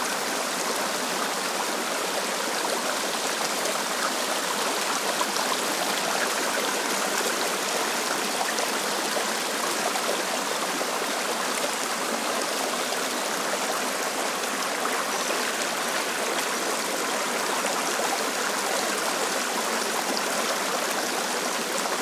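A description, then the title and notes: A small stream rushes steadily and densely, a bright wash of water with no breaks or changes across the whole stretch. SMALL STREAM • A Work Session by the River.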